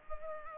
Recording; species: mosquito wingbeat signal from an infrared sensor; Culex pipiens